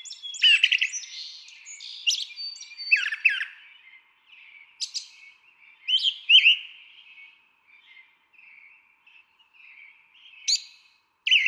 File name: Brown Thrasher